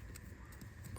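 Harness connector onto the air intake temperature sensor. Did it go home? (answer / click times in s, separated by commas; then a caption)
no / none. A plastic harness connector is pushed onto the air intake temperature sensor of a Ford 6.0 Powerstroke diesel, giving short plastic taps near 0.2 s, 0.6 s and 1.0 s over a low background rumble. The connector does not click into place because its locking tab looks worn out, so nothing has seated or clicked yet.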